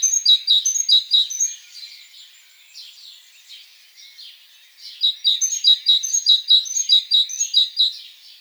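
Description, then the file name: Great tit song: a run of sharp, repeated two-note phrases, a pause with softer notes, then a second, longer run. "Parus major"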